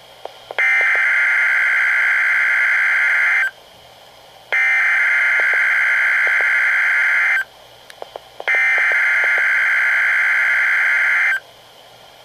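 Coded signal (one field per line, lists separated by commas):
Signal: Emergency Alert System (SAME) tones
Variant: header bursts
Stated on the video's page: Severe thunderstorm watches and warnings received off NOAA Weather Radio station KEC83; a malfunction sent the same watch twice.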